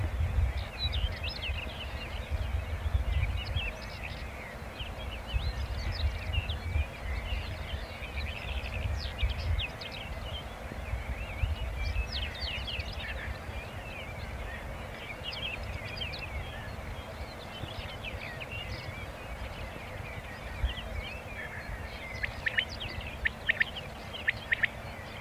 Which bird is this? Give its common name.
Common Quail